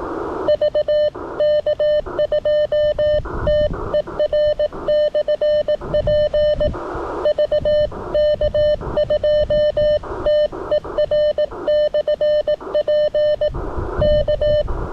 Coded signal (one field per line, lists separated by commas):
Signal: Morse code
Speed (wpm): 18 wpm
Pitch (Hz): 590 Hz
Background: radio noise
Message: VK2TER/P VK2TER/P K